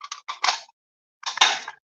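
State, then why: Seated. A plastic cutting cartridge is pushed into the housing of a paper-trimming tool, making a series of short mechanical clicks and scrapes. It seats with a sharp, loud click at 1.4 s.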